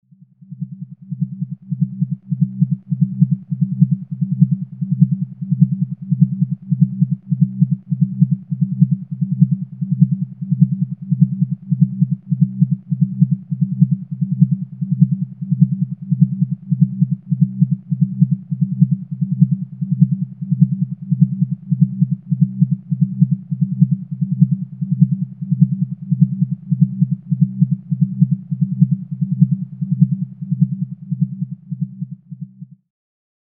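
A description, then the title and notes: Binaural beats: a low, steady hum of pure tones, confined to the low register with nothing bright above, pulsing in a fast, perfectly regular throb for the whole half minute. The level never changes, and it cuts off cleanly near the end. Binaural & pluraural beats made with recorded directly from the output of DIN is Noise at sandokan bay in berlin.eu.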